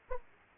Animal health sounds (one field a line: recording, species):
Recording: mosquito wingbeat signal from an infrared sensor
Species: Aedes aegypti